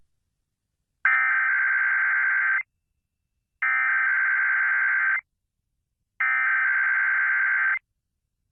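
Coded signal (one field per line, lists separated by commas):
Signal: Emergency Alert System (SAME) tones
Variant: header bursts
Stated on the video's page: Real test broadcast on a station.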